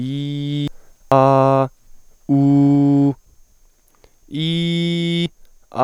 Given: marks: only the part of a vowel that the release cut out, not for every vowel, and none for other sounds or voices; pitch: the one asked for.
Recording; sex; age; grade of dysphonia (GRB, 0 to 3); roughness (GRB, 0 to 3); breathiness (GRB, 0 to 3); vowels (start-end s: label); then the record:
sustained vowels; male; 20 to 29 years; 0; 0; 0
0.00-0.65 s: vowel /i/, normal pitch
1.14-1.65 s: vowel /a/, normal pitch
2.38-3.04 s: vowel /u/, normal pitch
4.45-5.21 s: vowel /i/, high pitch
From the record:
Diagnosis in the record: healthy voice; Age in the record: 20 years